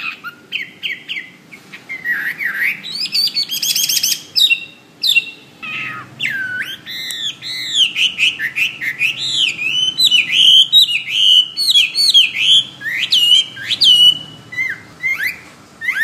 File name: omkicau hwamey